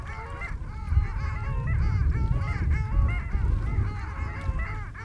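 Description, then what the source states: Long-tailed ducks calling together, many overlapping nasal, yodel-like notes bending up and down, over a steady low rumble of background noise. Recorded at Barnegat Inlet on the Jersey Shore, New Jersey, with possible plane and people noise; ducks calling delightfully that day.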